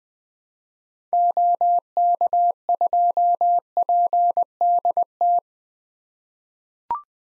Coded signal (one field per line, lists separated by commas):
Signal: Morse code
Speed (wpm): 21 wpm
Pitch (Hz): 700 Hz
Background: none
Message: OK2PDT